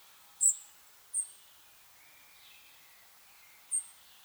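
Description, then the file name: European robin uttering three brief, piercing high notes, two close together and a third after a long pause. "Erithacus rubecula"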